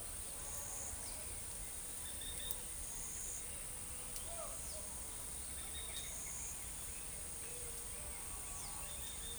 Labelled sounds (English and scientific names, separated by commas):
none